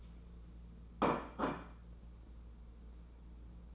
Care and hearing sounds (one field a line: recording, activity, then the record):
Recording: daily activity, microphone in the room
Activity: place plate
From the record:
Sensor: 1